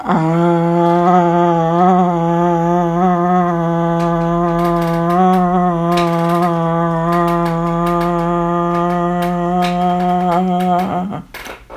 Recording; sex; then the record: sustained vowel /a/; female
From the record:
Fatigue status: no fatigue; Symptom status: asymptomatic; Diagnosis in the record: COVID-19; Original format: m4a